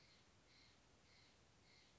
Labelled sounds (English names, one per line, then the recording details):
Steller's Jay
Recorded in Sonoma County, California